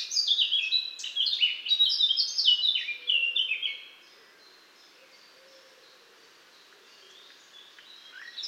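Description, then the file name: Eurasian blackcap song: about four seconds of quick, tumbling warbled notes, then near silence with a few faint, soft notes at the end. "Sylvia atricapilla"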